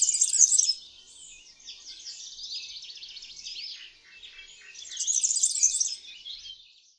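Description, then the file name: European serin, high jingling twitter in fast rushed phrases, a loud burst at the start, a softer stretch, then another loud burst near the end. "KULCZYK"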